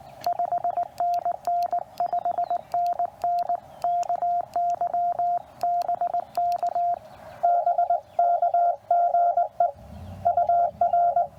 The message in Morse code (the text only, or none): 5NN 5NN KY BK BK GE UR